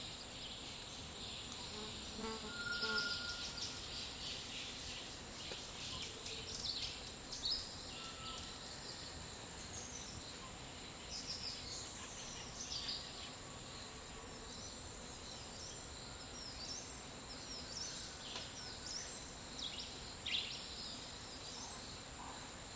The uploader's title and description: Costa Rican Dry forest. Around midday in a dry forest in Nosara, Guanacaste